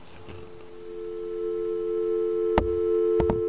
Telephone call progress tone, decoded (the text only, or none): dial tone